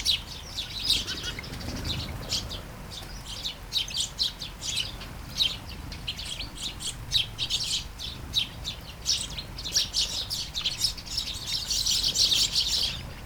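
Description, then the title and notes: Sparrow chirping, a long steady chorus of quick high notes from several birds, growing busier toward the end, with low background hiss. Flying sparrows in a garden, early morning, during light shower, Taastrup, Denmark; recorded with Sony PCM-D100 internal mics. "Kærengen 8, 2630 Taastrup, Denmark - Flying sparrows. Flying sparrows in the garden, early morning. Light shower. Vols de moineaux dans le jardin, au petit matin. Pluie fine"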